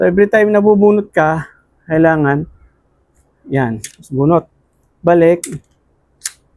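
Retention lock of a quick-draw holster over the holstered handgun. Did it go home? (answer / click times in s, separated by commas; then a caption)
yes / 6.3 s. A quick-draw holster's retention lock is engaged over the holstered handgun after a draw and re-holster. Someone talks, and a sharp click is heard at 6.3 s as the lock clicks shut and is confirmed locked again.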